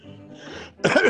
Was that a cough or a laugh? There's a laughing cough.